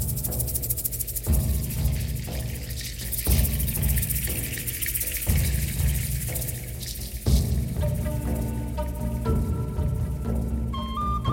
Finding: Heartbeat.